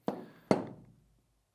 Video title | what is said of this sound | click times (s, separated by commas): SSG10 Assembly | So I'm gonna align the pinhole with the pin in the end cap, and I'm gonna rotate until it clicks like this in place. | 0.1 s, 0.5 s